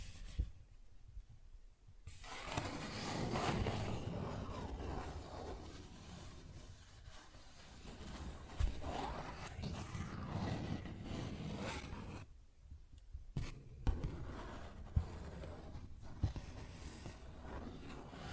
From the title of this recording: Paper Bag Tapping and Scratching Sounds